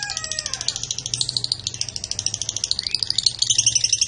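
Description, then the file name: Lovebird chirping, a fast, even series of sharp high chips continuing without a break, with a few faint lower squeaks early on. Blue colour variety lovebird. "lovebird blue reg omkicau"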